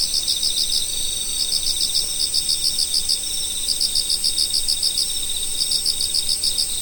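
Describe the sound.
Autumn insects: short clustered pulses in rapid rhythmic groups, layered over a constant shrill insect hum that never pauses.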